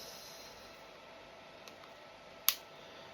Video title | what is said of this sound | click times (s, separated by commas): Nintendo Switch 2 Hands on Review | Put that in. Snap into place. | 2.5 s